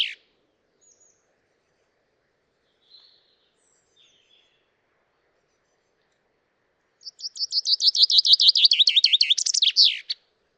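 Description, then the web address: Common chaffinch song: a few faint soft notes, then one full phrase, a fast trill of high notes dropping in pitch toward a terminal flourish. "Deverinetal 2025 File origin Bird Only Fr Co"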